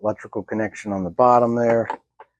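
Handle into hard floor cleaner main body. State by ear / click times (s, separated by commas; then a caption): not seated / none. The handle of a HIZERO F600 all-in-one hard floor cleaner is being handled at the main body, where an electrical connection sits at the bottom. Someone talks, followed by a brief faint tick at 2.2 s. The handle has not yet snapped into the body, and nothing has seated yet.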